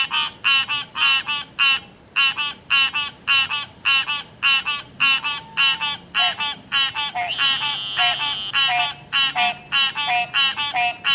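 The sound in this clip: Frogs croaking, a steady run of short, harmonic croaks, nearly two a second.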